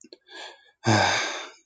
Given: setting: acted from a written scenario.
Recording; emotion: vocal sound without words; sadness